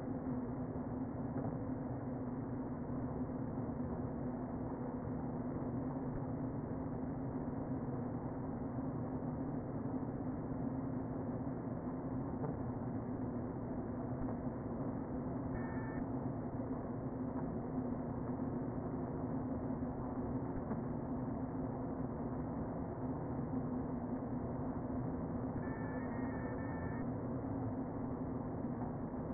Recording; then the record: honeybee colony, microphone inside the hive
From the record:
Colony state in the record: queen present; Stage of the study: before two queens were removed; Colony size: about 60,000 bees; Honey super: yes